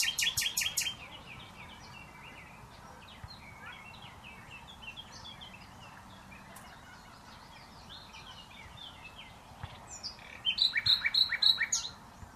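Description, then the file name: Common nightingale song opening with a brief loud rattling phrase, then soft scattered chirps, and near the end another loud, rapid phrase of repeated notes. "Luscinia megarhynchos"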